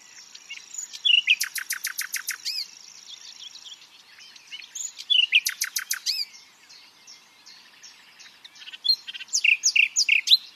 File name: Luscinia megarhynchos